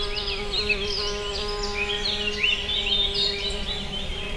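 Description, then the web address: Wasp buzz, an unbroken humming drone under a chorus of sharp, rapid bird chirps and twitters. Several wasps recorded in nature at a water house in 2015, captured with a cardioid microphone. "allathangok termeszetben darazs 2015 darazsak vizhaz"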